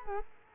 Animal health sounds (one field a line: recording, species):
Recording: mosquito wingbeat signal from an infrared sensor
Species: Culex quinquefasciatus